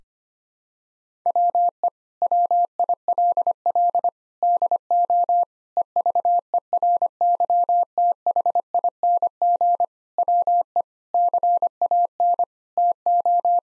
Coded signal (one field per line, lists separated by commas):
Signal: Morse code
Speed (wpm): 25 wpm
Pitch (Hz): 700 Hz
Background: none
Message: WE WILL DO EVERYTHING WE CAN TO